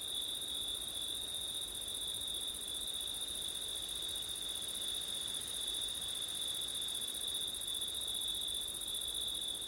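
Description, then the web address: Unbroken high-pitched cricket chorus, a sustained trill with a shimmering upper band, accompanied by soft wind. Crickets on a September night, with wind, recorded with an ORTF stereo microphone setup. "audio crickets wind september night ortif"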